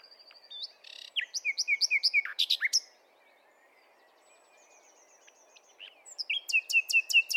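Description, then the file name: Common nightingale song: a quick series of repeated, slurred notes, a pause of about three seconds, then another rapid run of emphatic repeated notes. "Luscinia megarhynchos"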